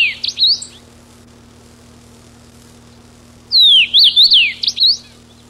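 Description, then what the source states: Common rosefinch singing a short whistled phrase of slurred up-and-down notes, given once at the start and again about three seconds later, with a steady low hum beneath. Recorded 10 June 1993.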